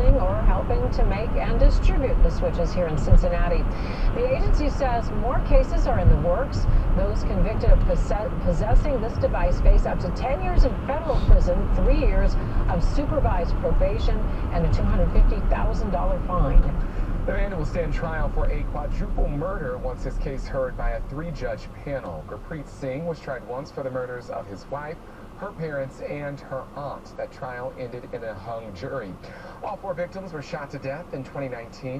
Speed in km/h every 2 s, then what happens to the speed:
71, 71, 71, 71, 71, 71, 71, 64, 48, 26, 11, 0, 0, 0, 0, 0.
0-13 steady at about 71. 13-22 brakes to 0. 22-32 standing.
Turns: none.